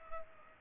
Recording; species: mosquito wingbeat signal from an infrared sensor; Culex pipiens